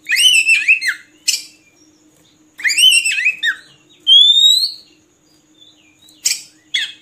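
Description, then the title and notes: Oriental magpie-robin song: two matching descending warbled phrases, a bright rising whistle, then short harsh chips. Long-duration filler (isian) song recording used to train magpie-robins to sing actively day and night. "Kacer Jadi Gacor Siang Malam. Isian Kacer Durasi Panjang"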